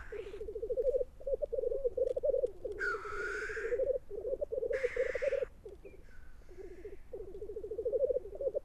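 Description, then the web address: Black grouse rolling, bubbling coo sustained almost without break, with two loud hissing sneezes laid over it. "aanitykset Tetrix"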